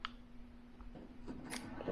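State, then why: Seated. Plastic corner connectors are pressed onto the wire grid panels of a cube storage organizer. Sharp snaps are heard at 0.1 s and 1.6 s, with a fainter tick in between, as the connectors seat onto the panel corners.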